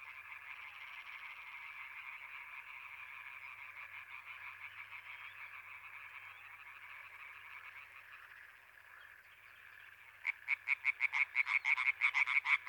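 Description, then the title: European tree frog chorus, a steady rattling background of many croaking frogs, then near the end one frog starts loud, quick, evenly spaced croaks. Chorus at Étang des Marguilliers pond, Sologne, France, 21 May 1993, one hour after nightfall, intense calling activity. "Choeur de rainettes en Sologne"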